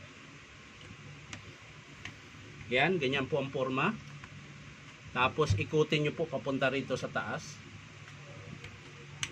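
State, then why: Seated. During reassembly of a DeWalt D25133 rotary hammer, a reinstalled part, likely the mode selector knob with its arrow aligned, is turned upward in the gear housing while someone talks. Faint ticks and handling sounds follow, then a sharp click at 9.2 s as the knob locks and seats.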